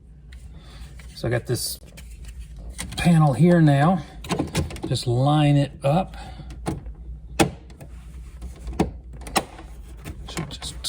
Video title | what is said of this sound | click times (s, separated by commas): Porsche 986 heater fix | snap right in i think that's got it | 7.4 s, 8.8 s, 9.4 s